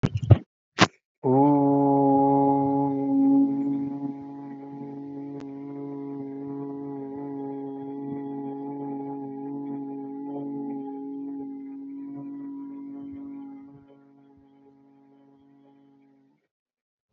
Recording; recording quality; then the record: sustained vowel as in boot; excellent, no background noise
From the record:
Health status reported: respiratory illness, not identified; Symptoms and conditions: asthma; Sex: male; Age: 30 years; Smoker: yes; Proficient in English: yes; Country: India